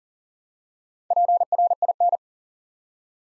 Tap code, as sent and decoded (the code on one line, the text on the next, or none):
none